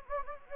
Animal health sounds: mosquito wingbeat signal from an infrared sensor; Anopheles gambiae

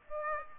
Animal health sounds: mosquito wingbeat signal from an infrared sensor; Aedes aegypti

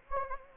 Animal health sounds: mosquito wingbeat signal from an infrared sensor; Anopheles gambiae

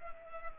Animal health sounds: mosquito wingbeat signal from an infrared sensor; Culex pipiens

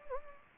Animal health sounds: mosquito wingbeat signal from an infrared sensor; Anopheles gambiae

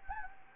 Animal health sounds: mosquito wingbeat signal from an infrared sensor; Anopheles gambiae

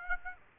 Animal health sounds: mosquito wingbeat signal from an infrared sensor; Aedes aegypti

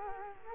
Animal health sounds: mosquito wingbeat signal from an infrared sensor; Culex quinquefasciatus

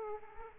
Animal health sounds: mosquito wingbeat signal from an infrared sensor; Aedes aegypti

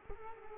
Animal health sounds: mosquito wingbeat signal from an infrared sensor; Culex quinquefasciatus

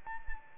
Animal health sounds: mosquito wingbeat signal from an infrared sensor; Anopheles arabiensis

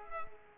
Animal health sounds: mosquito wingbeat signal from an infrared sensor; Culex pipiens

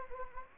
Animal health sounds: mosquito wingbeat signal from an infrared sensor; Anopheles gambiae

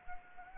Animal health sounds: mosquito wingbeat signal from an infrared sensor; Anopheles gambiae

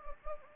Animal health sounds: mosquito wingbeat signal from an infrared sensor; Anopheles gambiae

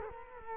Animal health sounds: mosquito wingbeat signal from an infrared sensor; Culex quinquefasciatus

